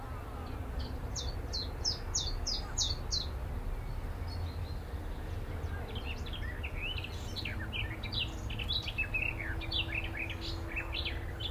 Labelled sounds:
Willow Warbler

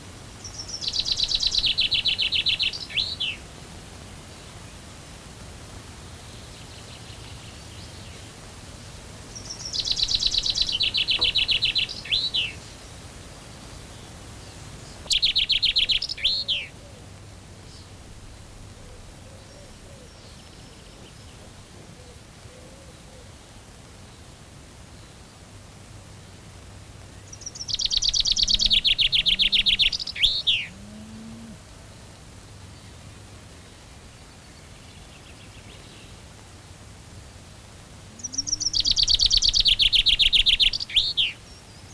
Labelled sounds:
Common Chaffinch song

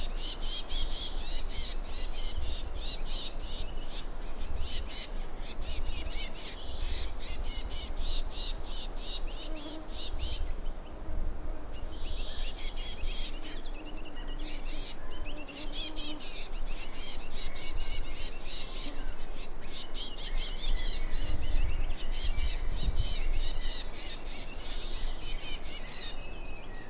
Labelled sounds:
Willow Warbler

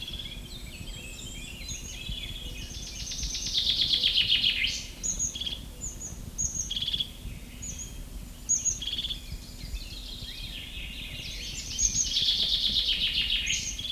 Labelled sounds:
Common Chaffinch

